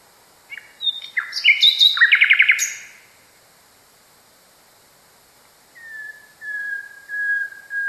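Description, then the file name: Common nightingale song with a fast burst of varied chirps and trills, a pause of silence, then several long pure whistled notes, each sliding slightly lower. Song, variation 5. "kicauan-nightingale-a-variasi 5-omkicau"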